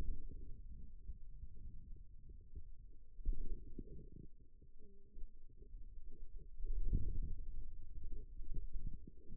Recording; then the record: forearm muscle sounds (acoustic myography)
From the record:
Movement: wrist extension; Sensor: system 2, bracelet of six BSWA MPA416 microphones around the upper forearm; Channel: 4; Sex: male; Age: 22 years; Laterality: right